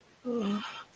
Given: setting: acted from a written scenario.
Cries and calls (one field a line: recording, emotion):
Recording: vocal sound without words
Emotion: sadness